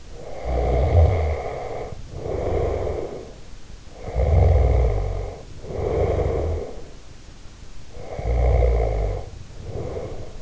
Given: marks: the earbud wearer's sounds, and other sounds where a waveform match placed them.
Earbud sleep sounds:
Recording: sounds in sleep by an in-ear microphone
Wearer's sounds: snoring breath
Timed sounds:
0.00-3.53 s: snoring breath
3.82-7.11 s: snoring breath
7.89-10.42 s: snoring breath

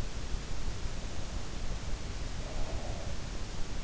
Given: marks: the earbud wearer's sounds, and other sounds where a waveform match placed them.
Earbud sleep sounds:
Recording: sounds in sleep by an in-ear microphone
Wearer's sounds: breath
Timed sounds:
1.94-3.21 s: breath

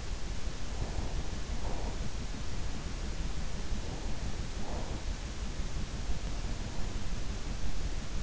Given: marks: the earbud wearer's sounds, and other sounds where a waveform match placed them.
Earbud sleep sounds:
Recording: sounds in sleep by an in-ear microphone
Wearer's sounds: breath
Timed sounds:
0.54-2.22 s: breath
3.43-5.13 s: breath

